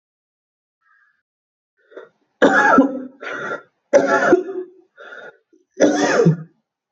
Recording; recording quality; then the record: heavy voluntary cough; excellent, no background noise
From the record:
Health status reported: healthy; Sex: male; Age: 32 years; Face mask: not worn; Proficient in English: yes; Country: India